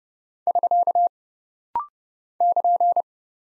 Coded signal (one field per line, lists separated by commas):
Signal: Morse code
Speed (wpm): 30 wpm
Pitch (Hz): 700 Hz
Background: none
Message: <SK> <KN>